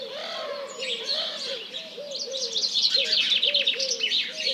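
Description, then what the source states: House Sparrow chirps crowding together in a lively flock chorus, while pigeons keep up low repeated cooing beneath. Large flock calling in the morning, mixed with various pigeons; recorded 1 March 2007 at 07:30.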